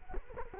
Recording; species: mosquito wingbeat signal from an infrared sensor; Culex quinquefasciatus